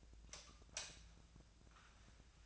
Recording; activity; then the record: daily activity, microphone in the room; light off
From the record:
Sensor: 2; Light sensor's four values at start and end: 33/86/36/39 and 28/68/29/32